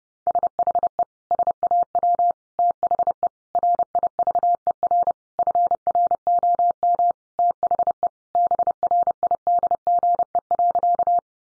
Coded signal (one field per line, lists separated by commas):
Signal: Morse code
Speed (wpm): 28 wpm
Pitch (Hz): 700 Hz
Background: none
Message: SHE SAW THE RIVER FROM THE BRIDGE.